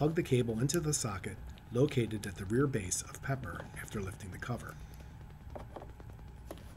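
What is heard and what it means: A charging cable's adapter plug is inserted and lined up in the charging socket at the rear base of a Pepper robot after its rear cover is lifted. Someone talks over most of the clip, then only faint handling taps are heard near the end. The plug has not yet been twisted home, and nothing has seated or clicked yet.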